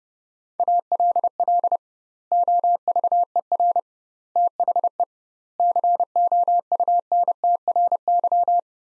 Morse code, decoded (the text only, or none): ALL OVER THE COUNTRY